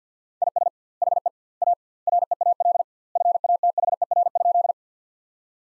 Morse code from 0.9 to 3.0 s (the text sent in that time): HE A REAL